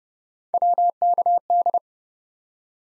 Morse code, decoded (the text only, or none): WKD